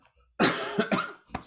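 Two harsh cough bursts close together, then a brief third sound, from an adult man with a lingering post-COVID cough.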